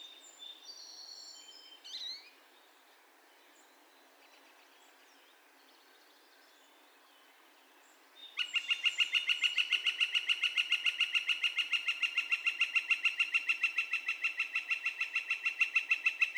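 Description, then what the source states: Northern flicker call, a long loud run of rapid repeated notes starting after several seconds of faint high chirps. Calls, recorded 2020-05-02.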